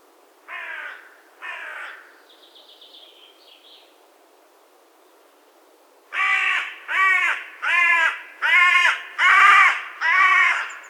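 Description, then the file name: Carrion crow calling harsh, raspy caws: two spaced calls, a pause, then a loud steady series of six caws about once per second. "Corvus corone"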